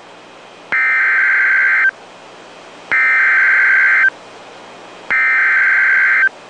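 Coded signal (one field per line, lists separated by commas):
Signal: Emergency Alert System (SAME) tones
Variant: header bursts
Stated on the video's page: Real NOAA Weather Radio EAS alert for a severe thunderstorm warning.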